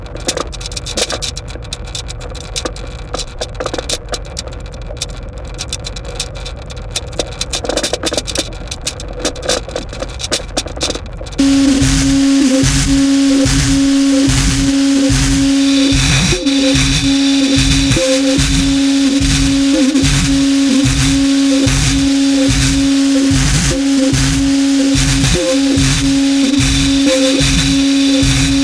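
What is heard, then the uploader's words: Synth tones and feedback mixed with field recordings. For the first eleven seconds a low, murky rumble with crackling bright ticks; then it jumps louder into a steady pulsing drone with a sustained mid tone and a fast, regular rattling beat continuing to the end. Film tins filled with objects including nails, tacks, ball bearings and other miscellaneous objects. The film tins were then equipped with piezo microphones plugged into amps then placed atop upward facing speakers. Field recordings, synth tones and feedback were then mixed into the speakers with the film tins on top.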